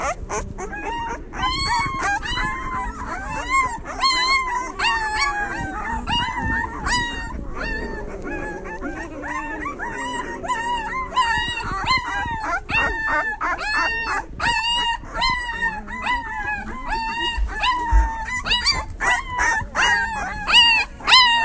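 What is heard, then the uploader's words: Ten-day-old puppies whimper and squeal almost without pause, many thin high cries overlapping in a dense chorus. The calls rise and fall in pitch, some drawn out into little howls, with soft shuffling and low murmurs underneath and louder yelps near the end. Puppies at 10 days. Lots of drama for animals who still can't see or hear.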